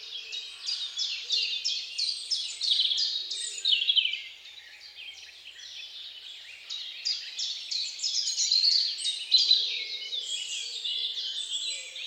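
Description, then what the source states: Birds singing densely, rapid high chirps and trills packed closely together, swelling and easing in loudness. Birds singing at dawn.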